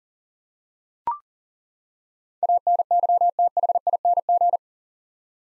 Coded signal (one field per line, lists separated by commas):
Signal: Morse code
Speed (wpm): 40 wpm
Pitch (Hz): 700 Hz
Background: none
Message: ANYTHING